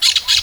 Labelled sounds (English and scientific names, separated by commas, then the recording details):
Brown-throated Parakeet (Eupsittula pertinax) contact call
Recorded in Venezuela
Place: Guárico; Corozopando; Fundo La Fe
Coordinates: 8.506, -67.593